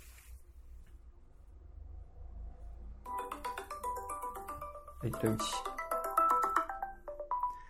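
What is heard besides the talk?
mobile phone ringtone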